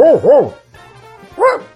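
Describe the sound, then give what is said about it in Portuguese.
A former radio sound-effects man imitates a dog barking with his voice: two quick, rising-and-falling barks in a row, a short pause with faint murmuring, then a third bark. “Fazia outro cachorro.”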